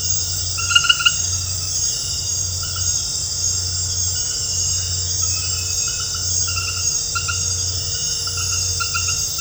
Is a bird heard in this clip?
no